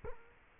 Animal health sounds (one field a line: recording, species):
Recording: mosquito wingbeat signal from an infrared sensor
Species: Culex quinquefasciatus